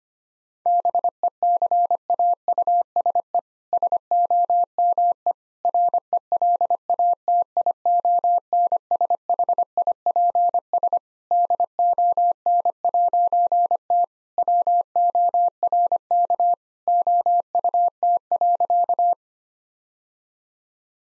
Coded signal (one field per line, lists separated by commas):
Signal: Morse code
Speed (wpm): 25 wpm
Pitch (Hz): 700 Hz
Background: none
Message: BECAUSE SOME RELATIONSHIPS DON'T WORK OUT.